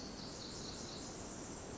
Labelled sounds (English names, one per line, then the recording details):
Pacific Wren
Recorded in Sonoma County, California